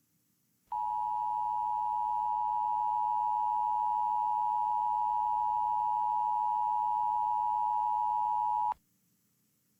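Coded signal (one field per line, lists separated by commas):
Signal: Emergency Alert System (SAME) tones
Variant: 853 and 960 Hz attention tone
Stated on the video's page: Fictional tornado EAS scenario made as a horror short.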